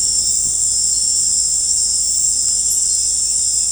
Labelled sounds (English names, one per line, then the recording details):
none
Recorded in dense forest near Puerto Asís, Putumayo, Colombia, on 20 December 2024 at 18:30
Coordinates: 0.481, -76.323
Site G100